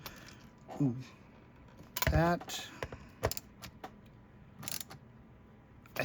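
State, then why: Stripped. A screw is driven into the plastic housing of a Kunlun third-party, Ryobi-compatible 18V tool battery pack while it is being reassembled after a teardown. Short, sharp clicks and rattles are heard, with clicks at 4.7, 4.8 and 6.0 seconds, while someone talks briefly. The screw strips the plastic hole, because the plastic is less robust than on the original packs.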